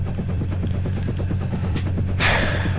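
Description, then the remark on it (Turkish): A deep, airy inhaling breath rushes in toward the end, a broad breathy hiss that swells over a steady low hum, with no talking. “Nefes alıyorsun.”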